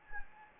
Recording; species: mosquito wingbeat signal from an infrared sensor; Anopheles gambiae